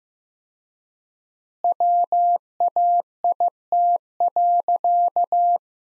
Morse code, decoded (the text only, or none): WAIT.